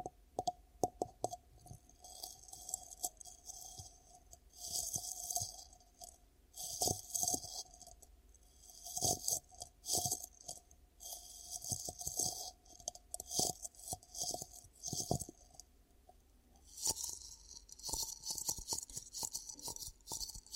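Ear cupping sounds: rustling, muffled bursts of hand movement that come in uneven clusters every second or so, with a bright hissy rubbing texture above a low steady hum. Sharper taps and crinkly clicks punctuate the rubbing, which grows denser near the end.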